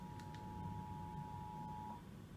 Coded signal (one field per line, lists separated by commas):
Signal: Emergency Alert System (SAME) tones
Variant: 853 and 960 Hz attention tone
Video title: (FINAL EAS CATCH IN GEORGIA) EAS Alert #44-46 - CAE on Comcast and 2 other stations. [10/6/20]